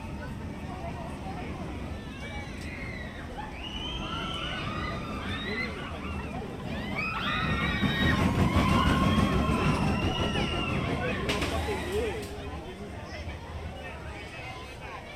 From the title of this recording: Mickey's Toon Town, Disneyland Binaural Recording